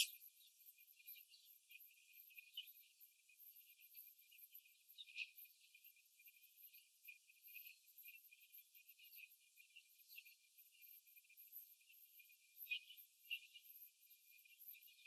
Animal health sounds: young laying hens in a cage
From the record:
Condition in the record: after the stressor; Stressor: simulated dog barking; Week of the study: 3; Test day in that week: 2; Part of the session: 2

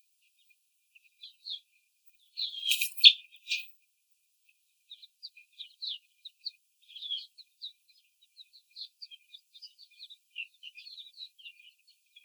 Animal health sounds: young laying hens in a cage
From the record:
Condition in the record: after the stressor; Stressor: simulated dog barking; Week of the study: 4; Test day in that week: 2

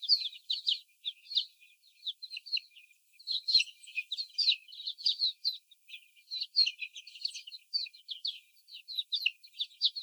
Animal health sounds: young laying hens in a cage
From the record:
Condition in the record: before the stressor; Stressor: sudden umbrella opening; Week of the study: 3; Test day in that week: 2

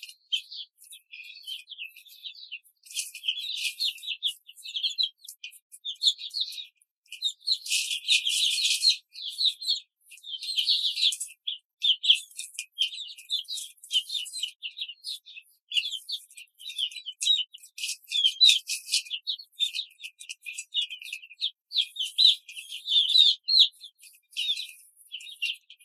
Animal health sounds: young laying hens in a cage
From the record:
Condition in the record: control cage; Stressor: none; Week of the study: 5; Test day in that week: 1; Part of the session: 3

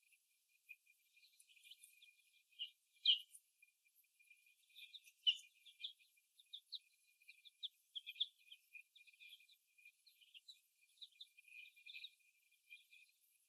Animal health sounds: young laying hens in a cage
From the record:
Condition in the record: before the stressor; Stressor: simulated dog barking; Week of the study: 1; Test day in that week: 1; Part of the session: 1

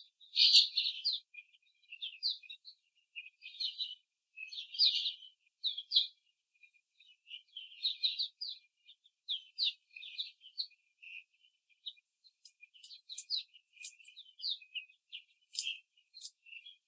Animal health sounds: young laying hens in a cage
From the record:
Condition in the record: after the stressor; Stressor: simulated dog barking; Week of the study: 3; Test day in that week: 1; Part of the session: 3

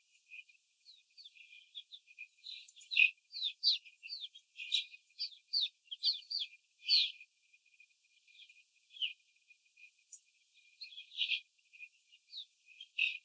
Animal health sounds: young laying hens in a cage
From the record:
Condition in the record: after the stressor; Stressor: simulated dog barking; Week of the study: 4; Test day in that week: 3

